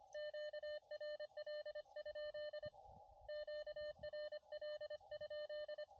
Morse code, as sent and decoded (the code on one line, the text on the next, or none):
--.- .-. .-.. ..--.. / --.- .-. .-.. ..--..
QRL? QRL?